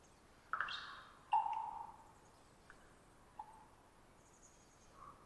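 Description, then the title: Common raven making one loud twittery-pop, a scratchy trill followed by a strong falling pop, then a soft click and faint notes. Raven perched about 50 ft above the recordist, some distance away; long trilling twitter before the pop call; pop varies with location and population; gulps or beak snaps after pops. "More Raven Twittering-Pop"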